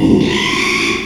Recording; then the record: squeal of a Yucatan mini pig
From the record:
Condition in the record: after surgery on the right vocal fold (resection and tissue-engineered implant); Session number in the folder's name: 1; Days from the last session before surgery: 6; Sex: male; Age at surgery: 12 weeks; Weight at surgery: 13 kg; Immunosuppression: cyclosporine, prednisolone